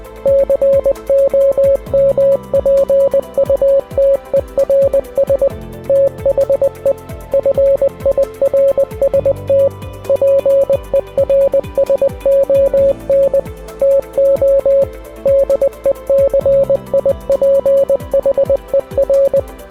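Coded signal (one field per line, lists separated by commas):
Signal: Morse code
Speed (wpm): 20 wpm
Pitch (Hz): 550 Hz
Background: music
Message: COMPUTERS THE FIRST PERSON TO DECIPHER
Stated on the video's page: Morse code hidden as an Easter egg in the Commodore 64 game Rambo First Blood II.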